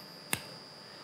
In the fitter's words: press you hear a click